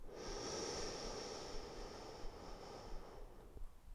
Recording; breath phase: one breath near a microphone; inhalation